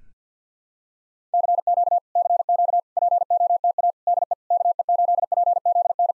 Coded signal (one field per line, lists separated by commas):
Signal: Morse code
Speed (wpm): 49 wpm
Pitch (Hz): 700 Hz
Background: none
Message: CQ CQ POTA DE KE8PZN